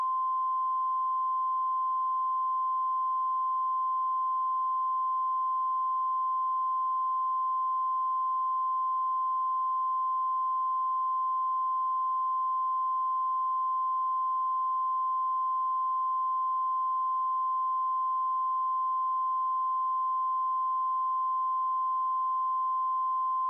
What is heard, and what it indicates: Flatline.